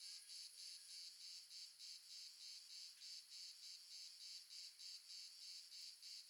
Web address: Red Sonic - Crickets and Frogs amb crickets multiple south france